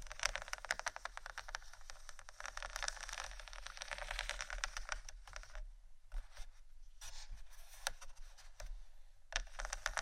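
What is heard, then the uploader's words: Scratching sounds with a dry, crackly texture, made of dense rapid strokes in the first half that thin out after about five seconds into sparser bursts. The scratches are bright and raspy, with a low steady hum underneath throughout. ASMR scratching For Sleep & Study（No Talking）.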